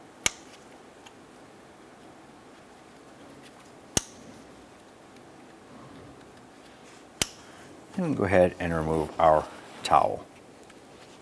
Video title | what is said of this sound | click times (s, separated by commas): How to Replace Fuel Injectors 2007-2012 Nissan Versa | and you press those on you can feel them and hear them snap into place | 0.3 s, 4.0 s, 7.2 s